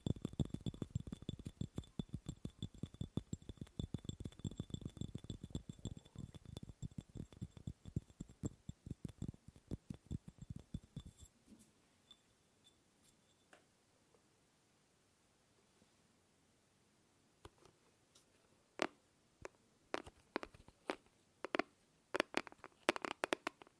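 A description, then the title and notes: Tapping on objects: a fast, dense run of taps with a low, knocking body for the first eleven seconds, then sparse, slower, brighter clicks after a near-silent gap. A faint high whine sits under the opening section. ASMR Fast & Slow Tapping on 6 Objects No Talking.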